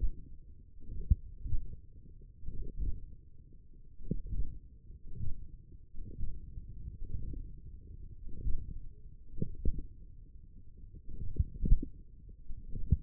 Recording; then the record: forearm muscle sounds (acoustic myography)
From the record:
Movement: hand closing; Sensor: system 1, eight BSWA MPA416 microphones around the upper forearm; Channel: 1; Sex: male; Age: 42 years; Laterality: right